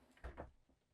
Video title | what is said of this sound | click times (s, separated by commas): 2026 Newmar Dutch Star Operational Overview | Just grab a hold and pull out. You can hear it lock | 0.2 s